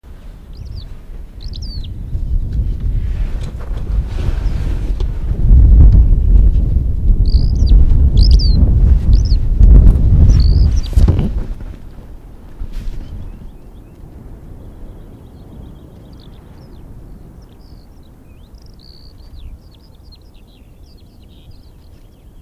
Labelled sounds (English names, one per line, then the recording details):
Eurasian Skylark
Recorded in the wild
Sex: male
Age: adult
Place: Schönow, Naturpark Barnim, Brandenburg, DE
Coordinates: 52.6858, 13.5164
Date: 2005-03-22 10:38
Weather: fair, 6 - 7°C, weak winds
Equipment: Tascam DA-P1, Sennheiser MKH 70, Windschutz
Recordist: Frommolt, Karl-Heinz